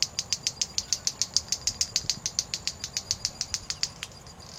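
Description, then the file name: White-bellied seedeater giving a fast string of crisp, clicking notes at an even pace, the series thinning out and stopping near the end. "Canto do bate bico"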